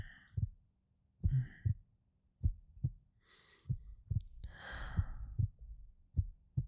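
Low, soft paired thumps repeat steadily about every 1.2 seconds, roughly 50 beats a minute, with a regular rhythm. Faint breathing-like hiss sits between some beats. This is an adult woman's slow, even heartbeat heard close up through the chest.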